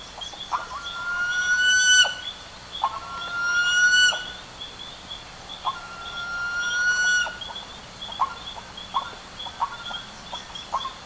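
Bird calls, several drawn-out flat whistles followed by a series of short choppy notes, with a steady high hum behind.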